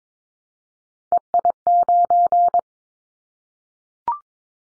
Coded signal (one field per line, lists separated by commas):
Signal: Morse code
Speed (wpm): 22 wpm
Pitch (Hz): 700 Hz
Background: none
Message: EI9